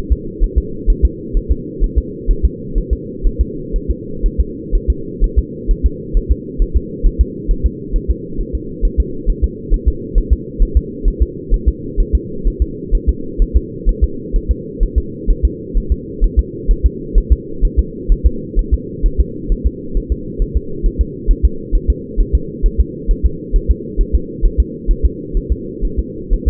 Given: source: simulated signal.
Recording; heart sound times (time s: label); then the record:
fetal heart sounds
0.12 s: S2
0.44 s: S1
0.58 s: S2
0.90 s: S1
1.05 s: S2
1.37 s: S1
1.52 s: S2
1.84 s: S1
1.98 s: S2
2.31 s: S1
2.45 s: S2
2.78 s: S1
2.93 s: S2
3.27 s: S1
3.41 s: S2
3.76 s: S1
3.91 s: S2
4.26 s: S1
4.41 s: S2
4.75 s: S1
4.90 s: S2
5.24 s: S1
5.39 s: S2
5.71 s: S1
5.86 s: S2
6.17 s: S1
6.32 s: S2
6.62 s: S1
6.77 s: S2
7.06 s: S1
7.21 s: S2
7.51 s: S1
7.66 s: S2
7.96 s: S1
8.10 s: S2
8.41 s: S1
8.55 s: S2
8.85 s: S1
9.00 s: S2
9.29 s: S1
9.44 s: S2
9.74 s: S1
9.88 s: S2
10.18 s: S1
10.33 s: S2
10.62 s: S1
10.77 s: S2
11.08 s: S1
11.22 s: S2
11.54 s: S1
11.68 s: S2
12.00 s: S1
12.15 s: S2
12.47 s: S1
12.62 s: S2
12.95 s: S1
13.09 s: S2
13.42 s: S1
13.56 s: S2
13.89 s: S1
14.04 s: S2
14.36 s: S1
14.51 s: S2
14.83 s: S1
14.98 s: S2
15.30 s: S1
15.45 s: S2
15.77 s: S1
15.92 s: S2
16.24 s: S1
16.39 s: S2
16.71 s: S1
16.86 s: S2
17.18 s: S1
17.32 s: S2
17.65 s: S1
17.79 s: S2
18.12 s: S1
18.27 s: S2
18.59 s: S1
18.74 s: S2
19.06 s: S1
19.20 s: S2
19.52 s: S1
19.67 s: S2
19.97 s: S1
20.12 s: S2
20.42 s: S1
20.57 s: S2
20.86 s: S1
21.01 s: S2
21.31 s: S1
21.45 s: S2
21.75 s: S1
21.90 s: S2
22.21 s: S1
22.35 s: S2
22.66 s: S1
22.81 s: S2
23.11 s: S1
23.26 s: S2
23.56 s: S1
23.71 s: S2
24.01 s: S1
24.15 s: S2
24.45 s: S1
24.60 s: S2
24.91 s: S1
25.05 s: S2
25.37 s: S1
25.52 s: S2
25.85 s: S1
25.99 s: S2
26.34 s: S1
26.48 s: S2
From the record:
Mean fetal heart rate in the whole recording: 130 bpm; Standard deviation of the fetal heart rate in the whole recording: 4 bpm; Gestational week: 38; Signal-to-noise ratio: -4.3 dB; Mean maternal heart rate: 72 bpm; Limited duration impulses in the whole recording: absent